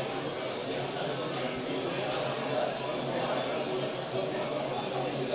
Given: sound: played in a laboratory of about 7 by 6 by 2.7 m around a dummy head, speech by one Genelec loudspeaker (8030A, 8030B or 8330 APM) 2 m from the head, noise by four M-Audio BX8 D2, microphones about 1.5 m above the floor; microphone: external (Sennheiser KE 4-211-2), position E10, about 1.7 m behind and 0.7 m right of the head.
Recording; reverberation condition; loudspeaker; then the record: cafeteria noise; medium; four, about 170 cm from the corners of the room and facing them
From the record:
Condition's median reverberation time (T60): about 510 ms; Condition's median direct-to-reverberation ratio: about -0.5 dB